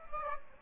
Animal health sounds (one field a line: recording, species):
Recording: mosquito wingbeat signal from an infrared sensor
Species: Aedes aegypti